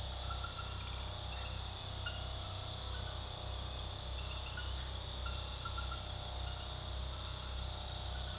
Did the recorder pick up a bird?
no